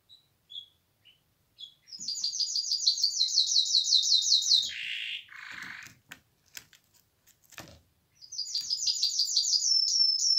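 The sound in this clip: Canary song: a fast, even trill of repeated high notes for several seconds, then a buzzy lower phrase and clicks, before another rapid high trill starts.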